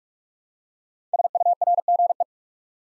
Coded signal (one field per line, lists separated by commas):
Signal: Morse code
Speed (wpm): 44 wpm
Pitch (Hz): 700 Hz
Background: none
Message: SURGE